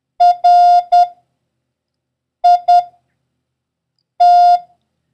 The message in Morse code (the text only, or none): RIT